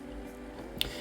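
The metal ratchet buckle handle on a Condomounts column TV mount ratchet strap is opened flat to 180 degrees with its lever and handle held together. A single sharp click sounds at 0.8 s over a quiet background, and the handle stays locked open in the loosening position, releasing the strap.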